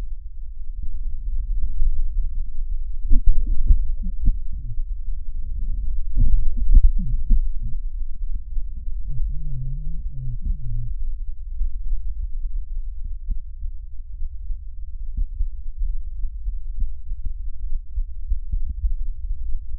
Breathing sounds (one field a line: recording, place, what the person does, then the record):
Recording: lung sounds by stethoscope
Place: right anterior apical chest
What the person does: quiet breathing, then cough and speech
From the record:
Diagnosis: interstitial lung disease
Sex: male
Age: 75 years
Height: 167 cm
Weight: 68 kg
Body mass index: 24.4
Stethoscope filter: bell mode